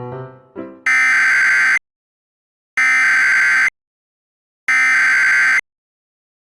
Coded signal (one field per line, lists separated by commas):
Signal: Emergency Alert System (SAME) tones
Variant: header bursts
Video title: TGC - An EAS Scenario